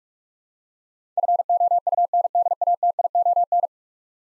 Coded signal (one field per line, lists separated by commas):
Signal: Morse code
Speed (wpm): 46 wpm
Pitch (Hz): 700 Hz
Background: none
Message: FOUNDATION